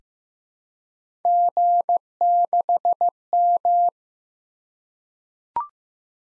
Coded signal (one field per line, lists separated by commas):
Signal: Morse code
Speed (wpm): 15 wpm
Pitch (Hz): 700 Hz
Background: none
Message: G6M